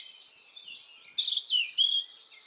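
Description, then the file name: European robin: a short burst of high, sweet warbling notes that slide and flicker, over faint steady hiss. "Erithacus rubecula"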